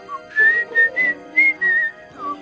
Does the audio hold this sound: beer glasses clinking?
no